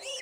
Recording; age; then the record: pig call; piglet (1 to 25 days)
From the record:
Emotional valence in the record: negative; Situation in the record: long isolation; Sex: male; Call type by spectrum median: high-frequency call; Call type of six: high-frequency stable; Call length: 0.21 s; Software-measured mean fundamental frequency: 257 Hz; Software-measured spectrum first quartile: 1901 Hz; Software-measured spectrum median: 3057 Hz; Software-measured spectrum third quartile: 6026 Hz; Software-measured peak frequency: 537 Hz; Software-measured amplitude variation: 71 dB a second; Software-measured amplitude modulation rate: 14.1 a second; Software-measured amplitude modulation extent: 5.1 dB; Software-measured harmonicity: 6.0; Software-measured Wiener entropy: -2.65